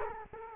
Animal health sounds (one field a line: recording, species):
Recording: mosquito wingbeat signal from an infrared sensor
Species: Culex quinquefasciatus